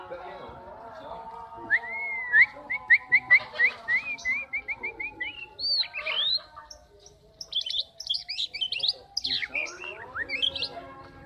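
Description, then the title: Oriental magpie-robin song: a run of quick, identical whistled notes, then varied high warbled and slurred phrases, over a faint steady low hum. "kacer"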